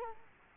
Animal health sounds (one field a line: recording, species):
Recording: mosquito wingbeat signal from an infrared sensor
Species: Culex quinquefasciatus